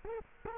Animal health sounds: mosquito wingbeat signal from an infrared sensor; Culex quinquefasciatus

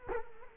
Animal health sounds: mosquito wingbeat signal from an infrared sensor; Culex quinquefasciatus

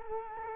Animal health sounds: mosquito wingbeat signal from an infrared sensor; Culex quinquefasciatus

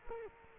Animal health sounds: mosquito wingbeat signal from an infrared sensor; Culex quinquefasciatus

